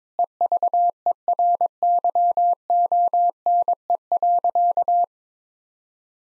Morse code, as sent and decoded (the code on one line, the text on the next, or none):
. ...- . .-. -.-- --- -. . .-.-.-
EVERYONE.